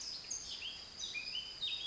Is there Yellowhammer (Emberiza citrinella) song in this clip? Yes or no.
no